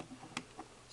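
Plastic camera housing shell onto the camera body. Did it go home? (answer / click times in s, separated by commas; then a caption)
yes / 0.4 s. While a digital camera is being reassembled after a main board replacement, its plastic housing shell is worked onto the camera body until it snaps into place with a sharp, bright click at 0.4 s, followed by a softer tick at 0.6 s. Someone talks briefly. The shell is seated, which is taken as a good sign.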